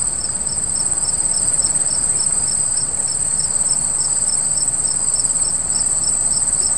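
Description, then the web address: Cricket chirping in a steady, even rhythm, several short pulses each second over a continuous high ringing trill. "Ultimate Visual Basic 4. Coriolis Group. sfxcric"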